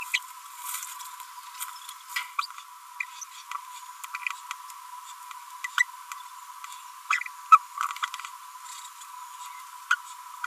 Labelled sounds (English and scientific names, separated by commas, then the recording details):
Green-rumped Parrotlet (Forpus passerinus) babbling
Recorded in a nest box in Venezuela
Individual 18B25A4